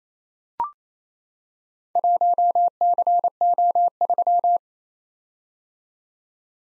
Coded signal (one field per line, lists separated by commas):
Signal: Morse code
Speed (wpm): 28 wpm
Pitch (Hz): 700 Hz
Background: none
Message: 1CO3